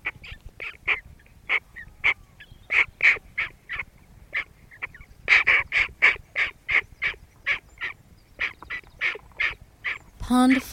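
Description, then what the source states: Hooded crow making many short, clipped caws in quick succession, closing with a brief tonal sweep. Adult bird.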